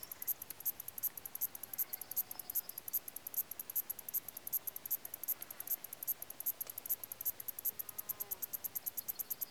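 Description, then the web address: Crickets give a steady series of high, dry, rapid chirping pulses over a faint continuous background hiss. Recorded in Lassi, Greece. "BBC Sound Effects Library. Greece. Crickets And Other Insects"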